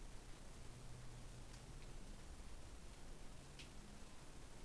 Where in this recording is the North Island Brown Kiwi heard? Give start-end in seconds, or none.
none